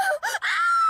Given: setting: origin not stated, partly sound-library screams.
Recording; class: one-second piece from a danger detection set; woman in danger